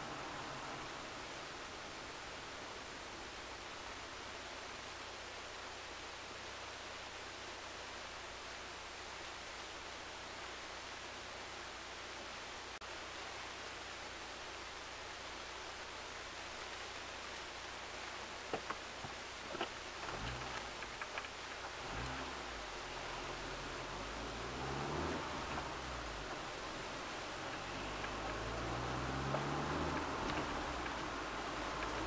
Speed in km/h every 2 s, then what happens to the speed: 8, 4, 1, 0, 0, 0, 0, 0, 0, 0, 0, 0, 18, 17, 26, 30.
0-3 slows to 1. 3-22 standing. 22-32 pulls away to 30.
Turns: none.